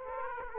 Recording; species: mosquito wingbeat signal from an infrared sensor; Aedes aegypti